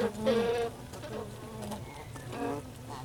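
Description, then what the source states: Honey bee buzzing, a sharp buzz at the start and another toward the end over a steady low colony hum. Recorded inside a beehive.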